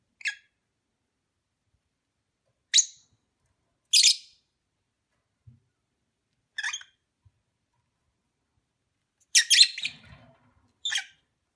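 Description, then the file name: Lovebird chirps: sharp high squeaky notes repeated at irregular intervals, one longer harsh chattering burst near the end with faint low rustling. Mating ritual sounds, during courtship. "lovebird omkicau"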